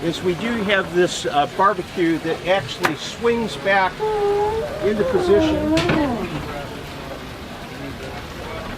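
The swing-out barbecue unit on a 2019 Beneteau 51.1 sailboat is swung back toward its stowed position in the cockpit while someone talks over steady background noise. The clip ends before the barbecue goes home, so nothing has seated or latched yet.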